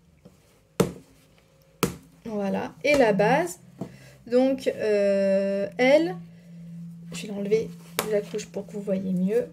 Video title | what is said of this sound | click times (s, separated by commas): COUCHES LAVABLES Petit Lulu : TEST et AVIS (comment mettre, ajuster, changer, critique, conseil) | il ya plusieurs couches donc à legrand un cercle qui se clipse sur la base voilà | 0.8 s, 1.8 s